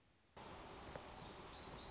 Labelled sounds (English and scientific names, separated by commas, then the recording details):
Black-throated Gray Warbler (Setophaga nigrescens)
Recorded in Sonoma County, California